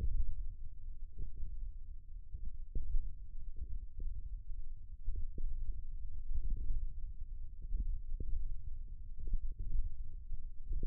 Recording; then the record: forearm muscle sounds (acoustic myography)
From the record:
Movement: thumb flexion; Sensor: system 1, eight BSWA MPA416 microphones around the upper forearm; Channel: 6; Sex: male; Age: 20 years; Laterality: left